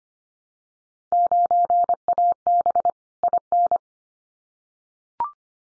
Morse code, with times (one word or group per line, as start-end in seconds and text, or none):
1.1-2.9 9AB
3.2-3.8 IN